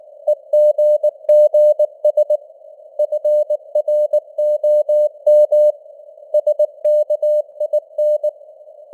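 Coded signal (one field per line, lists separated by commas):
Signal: Morse code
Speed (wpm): 19 wpm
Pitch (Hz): 600 Hz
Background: none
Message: EGGS FROM SKIN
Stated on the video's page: Simulated Morse news headlines at 19 wpm with simulated radio noise and varying signal strength (QSB).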